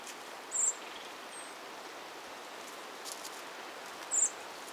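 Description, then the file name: Eurasian blackbird making two short, piercing high 'tsee' notes about three and a half seconds apart, over a hissy background. "Turdus merula"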